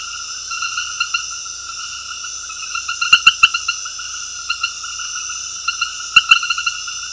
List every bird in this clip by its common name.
none